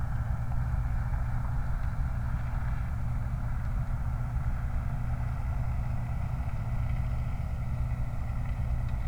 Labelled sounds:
truck
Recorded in the Prudhoe Bay oil fields, Alaska, on 29 July 2019
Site 29

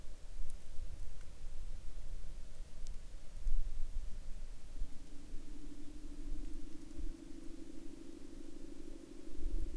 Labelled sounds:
rain, man-made sound
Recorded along the Dempster Highway, Canada, on 16 October 2020 at 08:03
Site 17

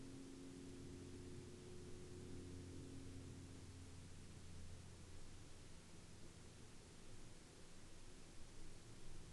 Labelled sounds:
aircraft
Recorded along the Dempster Highway, Canada, on 22 December 2019 at 17:21
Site 15

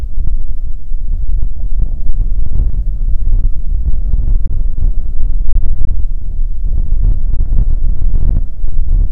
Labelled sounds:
waterfowl, wind
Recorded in the Prudhoe Bay oil fields, Alaska, on 15 May 2019 at 00:00
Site 19

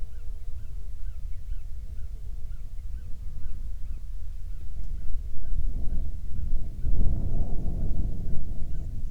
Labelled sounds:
songbird, wind, insects
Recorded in the Prudhoe Bay oil fields, Alaska, on 7 July 2019 at 00:00
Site 16

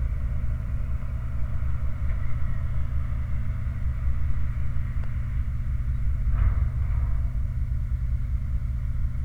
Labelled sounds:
machinery, flare stack
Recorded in the Prudhoe Bay oil fields, Alaska, on 29 July 2019 at 05:55
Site 29

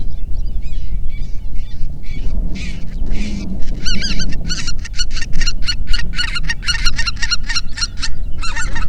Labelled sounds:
songbird, waterfowl, wind
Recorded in the Prudhoe Bay oil fields, Alaska, on 8 June 2019 at 05:02
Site 30

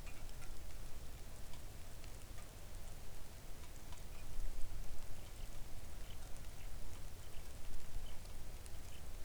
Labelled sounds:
songbird, rain
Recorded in the Arctic National Wildlife Refuge, Alaska, on 3 August 2019 at 05:54
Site 41

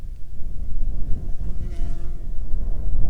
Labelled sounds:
wind, insects
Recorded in the Prudhoe Bay oil fields, Alaska, on 9 June 2019 at 16:28
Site 21

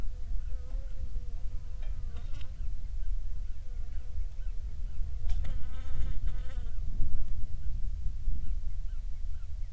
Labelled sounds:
bird, wind, insects
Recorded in the Prudhoe Bay oil fields, Alaska, on 7 July 2019 at 00:00
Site 16

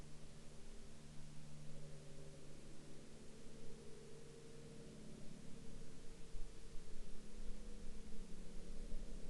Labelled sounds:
aircraft
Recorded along the Dempster Highway, Canada, on 25 October 2020 at 20:03
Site 24

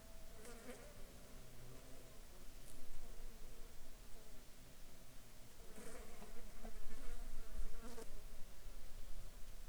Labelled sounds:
insects
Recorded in Ivvavik National Park, Yukon, on 14 July 2019 at 20:06
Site SINP03

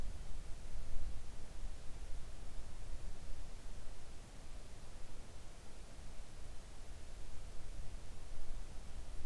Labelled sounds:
near silence
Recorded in the Arctic National Wildlife Refuge, Alaska, on 3 August 2019 at 05:38
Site 41

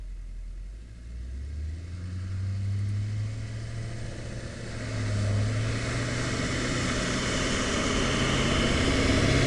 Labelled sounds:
car
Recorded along the Dalton Highway, Alaska, on 10 October 2019 at 14:42
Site 06

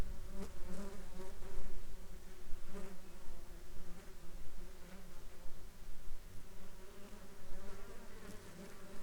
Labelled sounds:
insects
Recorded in the Arctic National Wildlife Refuge, Alaska, on 17 July 2021 at 11:19
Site 33

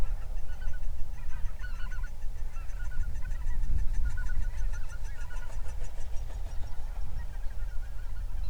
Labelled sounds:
waterfowl, wind
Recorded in the Prudhoe Bay oil fields, Alaska, on 31 July 2019 at 07:57
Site 24

